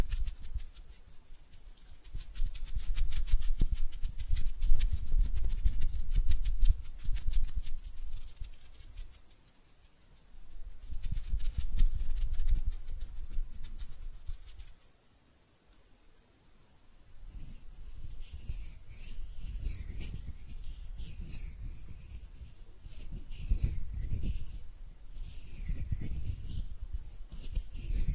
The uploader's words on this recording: ASMR Relaxing Hand Sounds (No Talking).